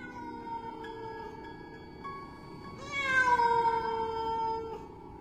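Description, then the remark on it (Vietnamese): A cat yowls angrily in one long, drawn-out wailing growl that wavers in pitch, swelling louder midway before trailing off, with no one speaking. “bỗng nhiên phịch một cái, con mèo nhảy thẳng xuống trước mặt con Mỹ, nhìn chằm chằm vào mặt nó, kêu lên mấy tiếng giận dữ, đôi mắt sắc lẹm đầy căm giận.”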